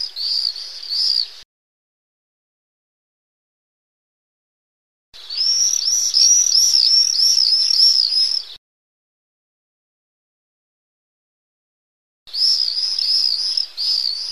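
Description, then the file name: Common swift screams: shrill, buzzy trills of rapid arched notes, in three bursts, the middle one about three and a half seconds long, separated by silence. A pair of swifts. "glosy pary jerzykow"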